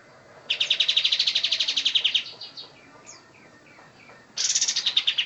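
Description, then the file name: Sooty-headed bulbul giving a loud buzzy trill, then soft scattered notes, then another buzzy trill starting at the end. "kapastembak. omkicau"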